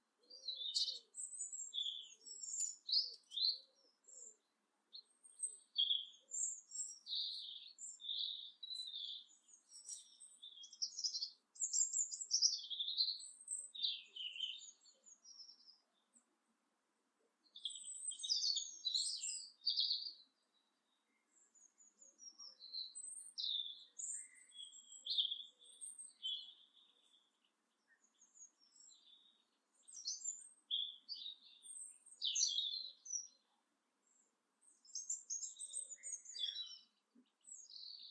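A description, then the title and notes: Birdsong fills a garden in Saltwell Park, a busy run of high, quick chirps and twittering phrases. The calls come in dense bursts separated by short silent gaps, around sixteen and thirty seconds. A few faint lower notes sound in the first few seconds. Today, we're sitting at The Buzzing Garden in Saltwell Park. A lovely space enclosed by tall trees and shrubbery.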